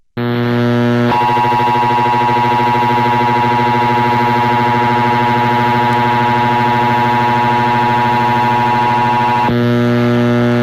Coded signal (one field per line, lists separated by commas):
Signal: Emergency Alert System (SAME) tones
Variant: 853 and 960 Hz attention tone